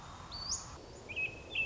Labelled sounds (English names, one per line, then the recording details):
American Robin
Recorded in Sonoma County, California